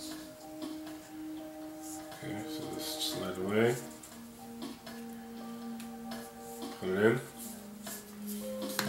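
A Nokia Lumia 1020 phone housing is slid in end-first and then gently pushed down onto the phone body while someone talks over steady tones. A sharp snap at 8.8 s marks the housing seating in place.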